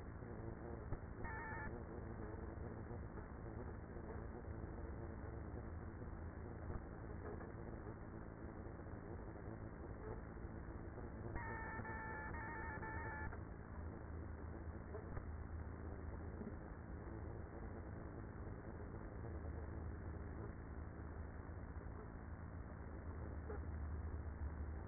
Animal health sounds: honeybee colony, microphone inside the hive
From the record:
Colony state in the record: queenless with a low population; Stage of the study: after two queens were removed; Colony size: about 30,000 bees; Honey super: no

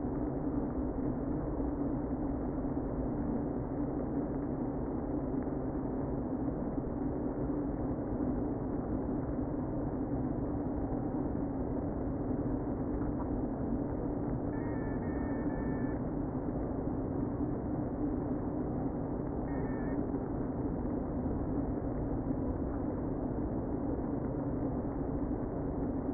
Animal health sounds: honeybee colony, microphone inside the hive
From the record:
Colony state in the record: queen present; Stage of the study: before two queens were removed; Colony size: about 60,000 bees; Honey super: yes

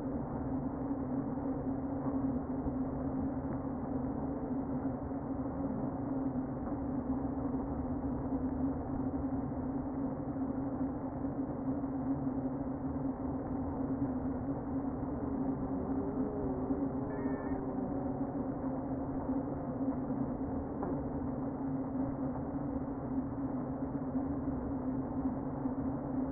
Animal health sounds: honeybee colony, microphone inside the hive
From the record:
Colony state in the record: queen present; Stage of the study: before two queens were removed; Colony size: about 60,000 bees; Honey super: yes

